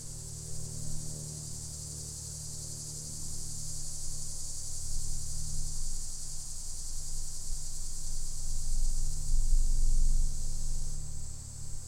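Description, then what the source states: Linne's cicada droning with a dog-day cicada, a steady high hiss-like buzz running throughout, over a strong low rumble that swells toward the end. Linne's cicada recorded together with dog-day cicada.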